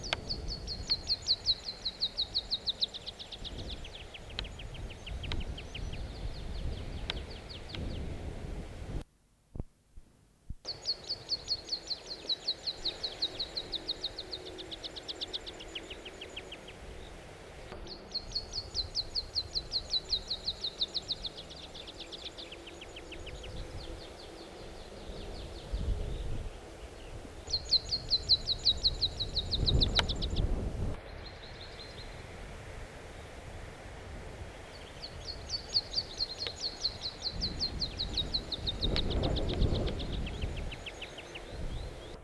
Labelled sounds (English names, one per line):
Meadow Pipit